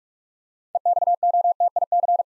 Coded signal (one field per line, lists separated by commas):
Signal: Morse code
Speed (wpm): 44 wpm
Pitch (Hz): 700 Hz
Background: none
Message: EXOTIC